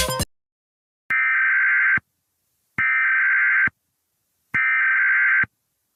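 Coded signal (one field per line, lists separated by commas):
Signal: Emergency Alert System (SAME) tones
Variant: header bursts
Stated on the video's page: Fictional EAS scenario, a simulated alert remade from another creator's version.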